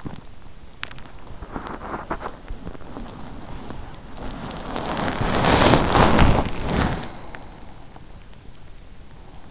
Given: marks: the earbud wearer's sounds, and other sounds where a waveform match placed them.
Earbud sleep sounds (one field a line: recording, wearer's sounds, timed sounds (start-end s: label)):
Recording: sounds in sleep by an in-ear microphone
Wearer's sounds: body movement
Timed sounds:
0.00-9.51 s: body movement